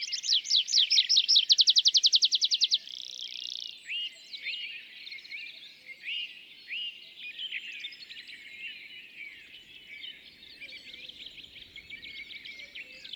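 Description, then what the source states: Tree pipit song opening with a loud fast train of downslurred notes, then a brief buzz and slower, softer scattered notes. Display song of a bird recently back from migration, singing from an isolated tree by a meadow and in parachuting flights; La Sarcena, Val Drôme, France, 27 April 2020; Nagra Seven, MKH40.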